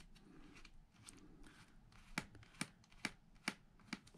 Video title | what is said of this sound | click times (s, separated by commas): Replacing Alienware M15 Battery. Step by step. | you guys can hear it clicking and then pull on the back | 2.2 s, 2.6 s, 3.1 s, 3.5 s, 3.9 s